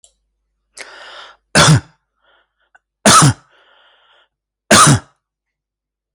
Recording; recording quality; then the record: heavy voluntary cough; excellent, no background noise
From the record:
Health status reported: healthy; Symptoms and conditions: hypertension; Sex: male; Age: 54 years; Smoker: not ticked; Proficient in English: yes